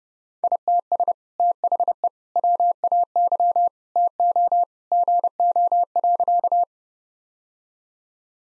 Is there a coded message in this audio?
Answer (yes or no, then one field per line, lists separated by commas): yes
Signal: Morse code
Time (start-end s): 0.4-6.6 s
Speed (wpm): 30 wpm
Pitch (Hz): 700 Hz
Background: none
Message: ITS THE WAY TO GO.